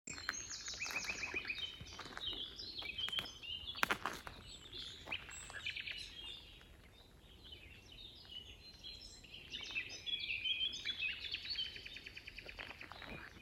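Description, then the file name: Common nightingale song: bursts of rapid repeated notes and buzzy trills, sharp chirps and varied whistled phrases, pausing briefly midway, over faint background hiss. "Luscinia megarhynchos"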